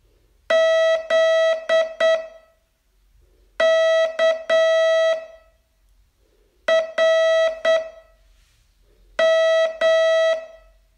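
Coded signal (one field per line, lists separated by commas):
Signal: Morse code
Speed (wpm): 8 wpm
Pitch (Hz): 650 Hz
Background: none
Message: Z K R M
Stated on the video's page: Morse training lesson, day 24 of a 42-day course.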